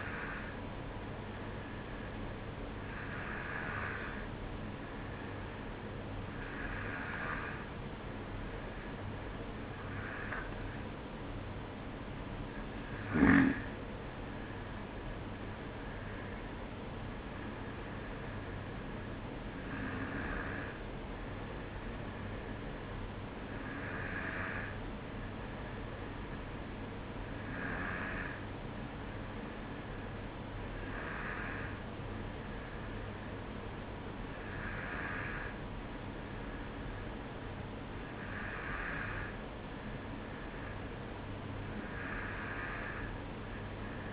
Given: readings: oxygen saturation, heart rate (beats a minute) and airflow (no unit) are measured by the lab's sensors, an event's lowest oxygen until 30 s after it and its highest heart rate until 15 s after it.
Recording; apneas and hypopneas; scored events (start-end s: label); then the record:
breathing in sleep by a voice recorder at the bedside; none
33.00-44.13 s: new sleep stage, N2 (light sleep)
From the record:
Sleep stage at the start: N1 (lightest sleep); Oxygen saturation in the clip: 93 to 94%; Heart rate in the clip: 53 to 56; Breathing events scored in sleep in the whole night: 305 in 9.6 hours asleep